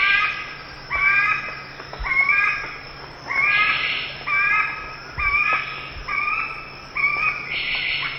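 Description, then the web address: Ivory-billed Aracari calls: nasal, harmonic squealing notes repeated roughly once a second, some level and some slightly rising, over a faint low hum. Eastern lowlands of South America. "Natures Songs S America Eastern Lowlands. Ivory-billed Aracari"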